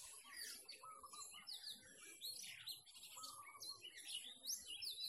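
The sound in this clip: Birds singing in a dense chorus of high chirps, trills and swooping whistles, with a lower warbled phrase returning twice, over a steady high hiss.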